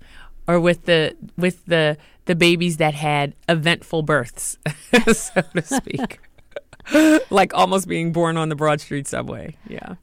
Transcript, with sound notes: or with the babies that had eventful births...
(LAUGHTER)
...So to speak, like almost being born on the Broad Street subway. Yeah.